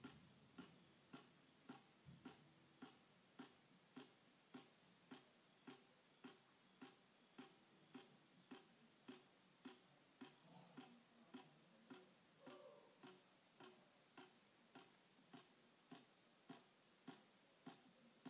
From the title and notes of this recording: ASMR Water Dripping onto Plastic.